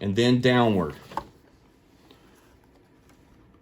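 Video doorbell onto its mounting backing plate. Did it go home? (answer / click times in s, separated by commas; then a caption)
yes / 1.2 s. Someone talks while an Amazon Blink battery video doorbell is pushed toward its mount on vinyl siding and then slid downward onto its plastic backing plate. It latches with a sharp click at 1.2 s, and the doorbell is seated. Faint small ticks follow in a quiet background.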